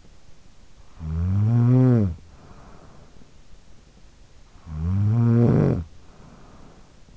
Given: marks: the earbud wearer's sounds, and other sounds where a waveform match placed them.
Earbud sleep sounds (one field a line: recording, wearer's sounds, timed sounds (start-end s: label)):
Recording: sounds in sleep by an in-ear microphone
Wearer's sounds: snoring breath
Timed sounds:
0.61-3.53 s: snoring breath
4.22-7.17 s: snoring breath